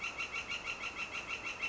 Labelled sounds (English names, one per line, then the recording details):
Northern Flicker
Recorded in Sonoma County, California